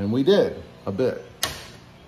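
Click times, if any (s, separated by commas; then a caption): 1.4 s. A plastic accent trim clip is pushed into a vehicle panel on a Hyundai Santa Cruz while someone talks. A sharp snap is heard at 1.4 seconds as the clip seats home in its hole.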